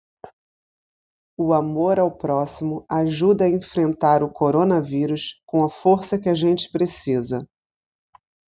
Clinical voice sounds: spoken sentence; Brazilian Portuguese; female; 40 to 49 years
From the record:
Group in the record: control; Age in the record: 42 years

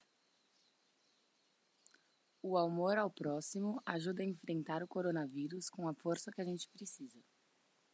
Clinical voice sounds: spoken sentence; Brazilian Portuguese; female; 20 to 29 years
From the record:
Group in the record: control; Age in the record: 22 years

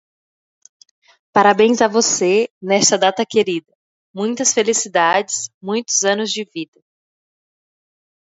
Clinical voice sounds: short text; Brazilian Portuguese; female; 20 to 29 years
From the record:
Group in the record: control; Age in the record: 28 years

